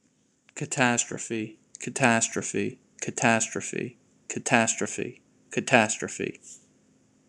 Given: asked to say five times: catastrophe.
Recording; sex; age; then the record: repeated word; male; 30 to 39 years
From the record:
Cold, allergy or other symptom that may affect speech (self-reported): no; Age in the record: 31 years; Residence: New Jersey, United States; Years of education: 16